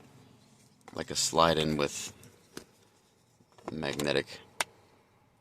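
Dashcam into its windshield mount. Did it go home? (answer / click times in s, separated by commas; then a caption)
yes / 4.6 s. A dashcam body is slid onto its windshield mount, which has a magnetic slide-in connection, while someone talks. It lands with one sharp, tick-like snap at 4.6 s, seating the dashcam firmly in the mount.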